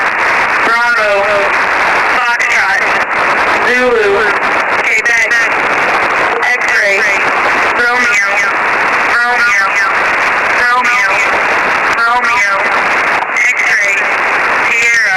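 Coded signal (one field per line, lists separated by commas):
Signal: coded military voice message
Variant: Emergency Action Message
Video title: 13200 USB - EAS - Emergency Action Message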